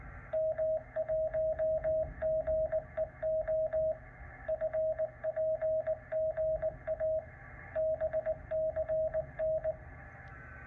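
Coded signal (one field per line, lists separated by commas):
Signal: Morse code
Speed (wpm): 19 wpm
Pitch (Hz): 630 Hz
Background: radio noise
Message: M1GEO FPGA BCN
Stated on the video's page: Beacon test: a Verilog CW keyer on-off keys a DDS output through an AD9744 DAC on a Xilinx Arty A7 board.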